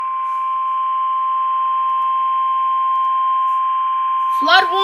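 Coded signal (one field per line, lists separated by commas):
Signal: Emergency Alert System (SAME) tones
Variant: 1050 Hz attention tone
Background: speech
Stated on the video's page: Two flood warning EAS activations.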